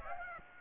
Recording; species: mosquito wingbeat signal from an infrared sensor; Aedes aegypti